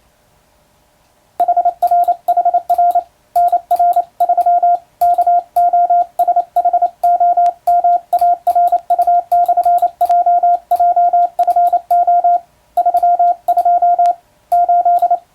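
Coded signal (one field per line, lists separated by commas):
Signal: Morse code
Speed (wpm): 28 wpm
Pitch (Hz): 700 Hz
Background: radio noise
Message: HRHR NR3 KOSHOMARU/JJFO 32 8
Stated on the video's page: Morse sending practice on a telegraph key, using a European-language telegram sending practice book.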